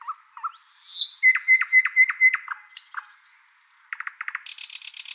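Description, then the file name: Thrush nightingale singing a rapid series of loud knocking notes, then a thin whistle and a dry rattle ending in a harsh, fast churring trill. "British Library - Thrush Nightingale Luscinia luscinia"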